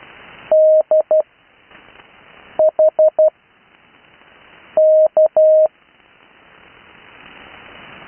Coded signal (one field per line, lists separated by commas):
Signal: Morse code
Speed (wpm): 12 wpm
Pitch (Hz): 620 Hz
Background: none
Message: DHK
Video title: Learn Morse Code on HF | Live 80m CW | Speed Increase